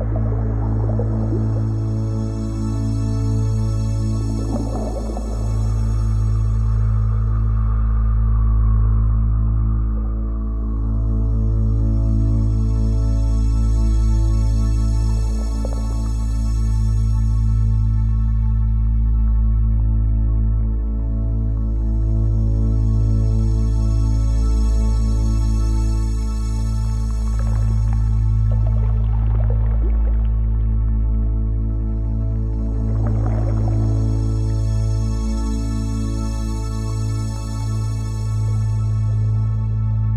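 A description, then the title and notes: A sound bath of deep, steady humming drone, with a ladder of ringing overtones above it. The upper tones swell and fade in slow waves about every ten seconds, and brief shimmering strokes bloom in around 5, 15, 28 and 33 seconds. Meditation: Sound Bath.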